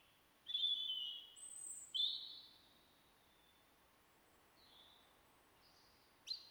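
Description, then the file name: European robin song: several separated high, thin whistled phrases, some drawn out, others brief, with pauses between. "Erithacus rubecula"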